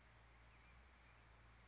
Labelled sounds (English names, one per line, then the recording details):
Bewick's Wren
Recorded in Sonoma County, California